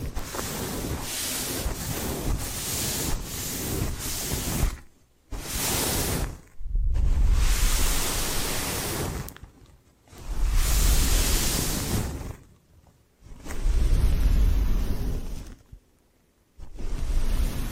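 Hair being washed and massaged, a dense hissing, rustling wash of sound like water and hands working through wet hair. It runs in long bursts of several seconds, broken by brief near-silent pauses around 5, 6.5, 9.5, 12.5 and 16 seconds.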